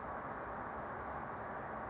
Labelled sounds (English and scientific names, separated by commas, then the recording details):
California Towhee (Melozone crissalis)
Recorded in Sonoma County, California